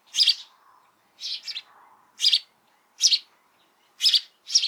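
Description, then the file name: House sparrow giving loud chirps, single or paired, roughly one every second. "Passer domesticus"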